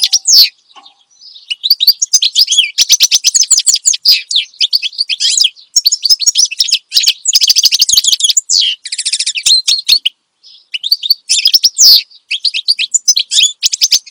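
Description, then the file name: Finch song: sustained rapid twittering with buzzy trills and sharp high notes, only brief breaks throughout. Energetic ('gacor') finch song, presented as suitable for tutoring songbirds (masteran). "Suara Kicauan Burung Finch Gacor Dor Cocok Untuk Masteran"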